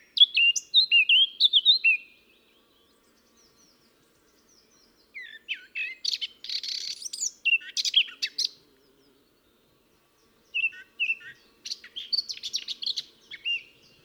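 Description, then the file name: Eurasian blackcap giving three separate bursts of varied warbling, each a few seconds long, with quiet gaps between them. "Sylvia atricapilla"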